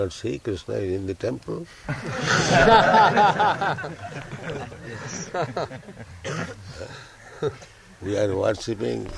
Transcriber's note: laughter